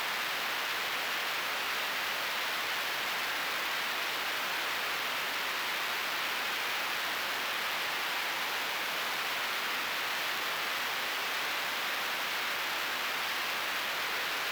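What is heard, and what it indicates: Simulated noise-type tinnitus: a steady, hiss-like broadband noise that continues unchanged throughout, with most energy in the mid and high frequencies and almost nothing below 200 Hz. The sound is from the German Tinnitus League.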